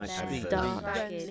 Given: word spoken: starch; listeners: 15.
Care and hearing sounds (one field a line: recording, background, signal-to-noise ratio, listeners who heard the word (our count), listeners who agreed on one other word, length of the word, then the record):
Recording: one English word in noise, from a listening test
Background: four-talker babble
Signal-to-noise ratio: -1.7 dB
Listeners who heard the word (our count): 3 of 15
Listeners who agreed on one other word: 8 of 15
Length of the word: 0.91 s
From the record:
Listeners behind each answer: 8, 3, 1, 1, 1, 1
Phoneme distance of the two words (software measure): 27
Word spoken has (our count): 1 syllable, 4 phonemes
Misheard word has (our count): 1 syllable, 3 phonemes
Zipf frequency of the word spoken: 3.29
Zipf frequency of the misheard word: 4.94